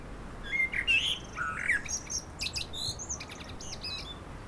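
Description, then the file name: Common blackbird song: a few low warbled whistles give way to a long string of high, squeaky chattering notes. "Turdus merula"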